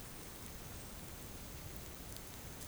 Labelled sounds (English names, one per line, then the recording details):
none
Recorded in dense forest near Puerto Asís, Putumayo, Colombia, on 27 June 2025 at 12:30
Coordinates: 0.503, -76.323
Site G059